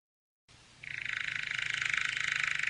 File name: Canary Voice